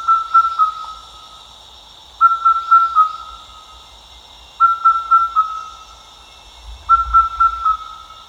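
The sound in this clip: Indian cuckoo calling a clear four-note whistled phrase, repeated at a steady pace every few seconds, over a steady high background hum.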